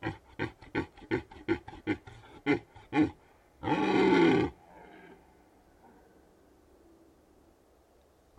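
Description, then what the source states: Red deer stag calling: a fast series of short grunts, then one harsh, loud roar and a fading tail of noise. Stags rutting in the Carpathian Mountains of Bucovina, Romania.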